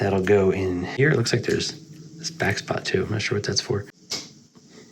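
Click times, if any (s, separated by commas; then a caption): 4.1 s. Someone talks while a plastic cannon barrel from a 1/32 scale model gun is pressed into its carriage mount. A short, sharp click sounds at 4.1 s as the barrel seats into the carriage.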